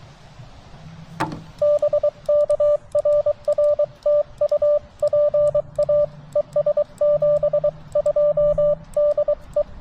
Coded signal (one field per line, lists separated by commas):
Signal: Morse code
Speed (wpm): 23 wpm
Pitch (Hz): 590 Hz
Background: radio noise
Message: BK RR TU PA ES 72 DE